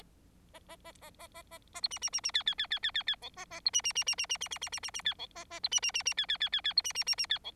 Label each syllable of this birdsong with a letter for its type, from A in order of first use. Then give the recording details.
A A A A A A A A B C C C C D D D D D D D E A A B C C C C C C C C C C C C D E A A B C C C C D D D D D B C C C C D E. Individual Bird4